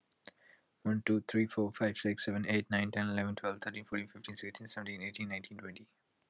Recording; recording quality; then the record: counting at a fast pace; excellent, no background noise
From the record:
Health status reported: healthy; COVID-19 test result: negative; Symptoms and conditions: none ticked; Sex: male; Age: 24 years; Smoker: not ticked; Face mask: not worn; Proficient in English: yes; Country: India